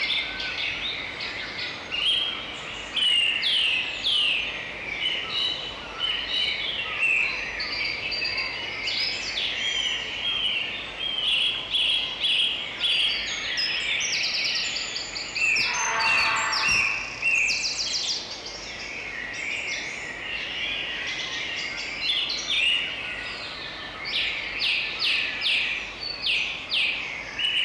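A dawn chorus beside a brook: many birds sing and chirp at once, bright overlapping phrases running continuously through the whole clip. Beneath them a steady low rush of flowing water persists, with a brief lower-pitched call around sixteen seconds.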